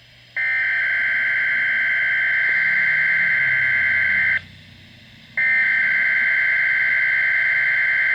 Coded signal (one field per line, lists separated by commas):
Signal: Emergency Alert System (SAME) tones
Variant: header bursts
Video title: Weatheradio Canada XLF322 | November Monthly Test 2021-11-03 (EAS #70-71)